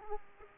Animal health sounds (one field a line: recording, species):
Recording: mosquito wingbeat signal from an infrared sensor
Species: Aedes aegypti